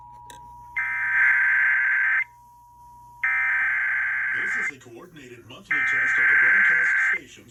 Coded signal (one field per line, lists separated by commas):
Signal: Emergency Alert System (SAME) tones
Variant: header bursts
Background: speech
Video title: EAS 931-933 WFLS, WBQB, and WJON/IP relays the Fredericksburg Monthly Test